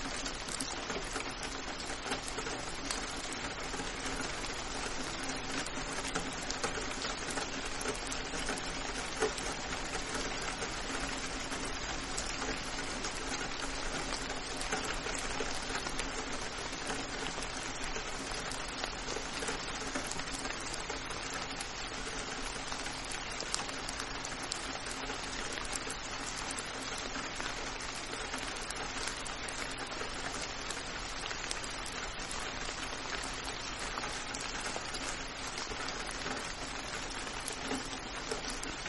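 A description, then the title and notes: Rain falls steadily against a window, a dense, even patter that holds the same level for the whole stretch. The hiss is bright, with countless tiny taps blending together and a faint low rumble underneath. Rain Sounds on Window.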